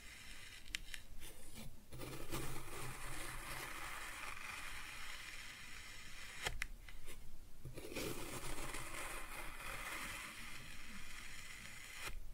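Kinetic sand being cut and scooped, a dense grainy scraping and crumbling that runs almost without pause. Sharp clicks and taps land around one, six and a half, and twelve seconds, with a low hum underneath near the two-second mark.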